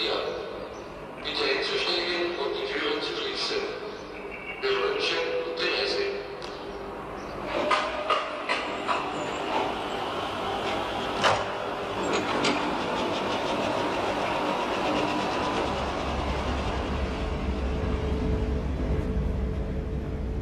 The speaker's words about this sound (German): Das ist ein Zug.